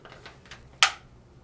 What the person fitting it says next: did you hear that click